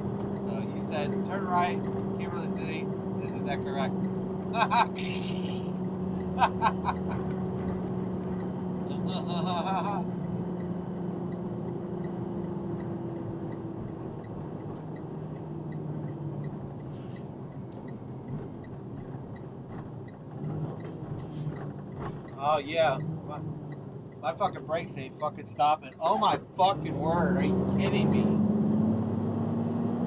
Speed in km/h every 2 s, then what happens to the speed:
106, 103, 101, 100, 98, 97, 92, 84, 74, 64, 52, 39, 23, 18, 27.
0-25 brakes to 18.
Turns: none.